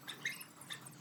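A water pipe is being handled at a push-fit joint on a poultry farm's fogging supply line, with faint handling noise and a sharp tap at 0.3 s. The clip ends before the pipe goes home, so nothing has seated or clicked yet.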